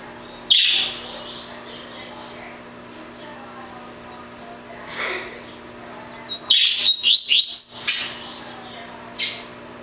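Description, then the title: Double-collared seedeater song: an abrupt high note, then after a gap a fast twittering phrase of thin, high notes, and a brief note at the end. "Canto Coleiro"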